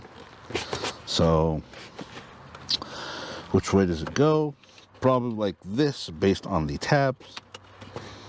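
A trunk light housing for a Subaru Impreza GC8 WRX is handled and oriented by its tabs against the trunk lid trim panel opening while someone talks. A few brief clicks and handling taps are heard. Nothing has seated or clicked into the trim yet.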